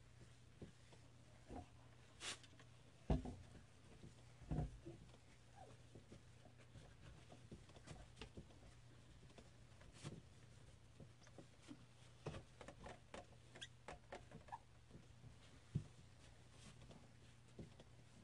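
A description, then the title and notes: Mirror cleaning, heard as a run of short rubs, taps and squeaky wipes scattered irregularly across the clip, with sharper knocks near 3, 4.5, 10 and 16 seconds. A steady low hum sits underneath the whole time. Mirror cleaning.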